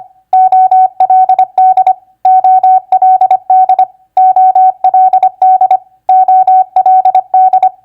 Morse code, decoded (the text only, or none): OLD OLD OLD OLD